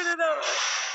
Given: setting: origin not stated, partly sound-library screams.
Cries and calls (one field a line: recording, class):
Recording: one-second piece from a danger detection set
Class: woman in danger